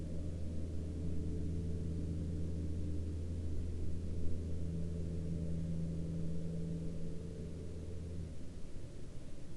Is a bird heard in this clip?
no